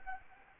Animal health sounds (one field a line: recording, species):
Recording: mosquito wingbeat signal from an infrared sensor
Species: Anopheles arabiensis